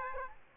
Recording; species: mosquito wingbeat signal from an infrared sensor; Aedes aegypti